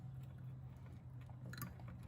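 On a Jeep Wrangler TJ front brake job, the inboard front disc brake pad's metal retaining clip is being pressed toward the caliper piston, with the pad turned so its inner diameter faces up to follow the rotor's contour. A steady low hum runs throughout, with faint handling rustles and two brief sharp ticks around 1.5 and 1.6 seconds. Nothing has seated or clicked yet.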